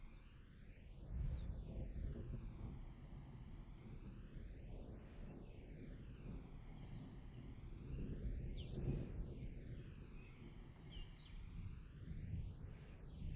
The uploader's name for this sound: Summer Thunder and Rain